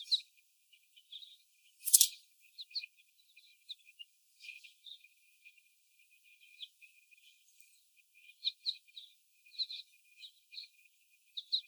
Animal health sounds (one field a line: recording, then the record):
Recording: young laying hens in a cage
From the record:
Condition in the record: before the stressor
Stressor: sudden umbrella opening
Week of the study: 1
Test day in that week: 1